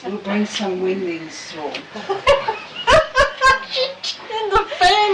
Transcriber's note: Much laughter. It could have been a tornado. is laughing and having fun with us